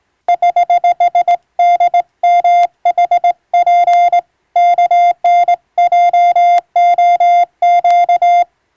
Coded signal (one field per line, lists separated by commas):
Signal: Morse code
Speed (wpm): 21 wpm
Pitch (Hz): 700 Hz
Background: music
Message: <HH> DMHP KNJOQ